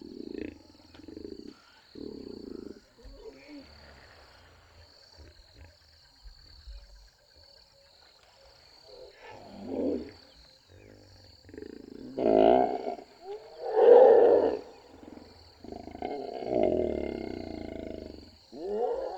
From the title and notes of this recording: 18 février 2008 au bord d'une rivière, l'affût appelé Shipendani dans le Kruger national park permet de surplomber un Hyppopool et d'écouter l'ambiance de la savane.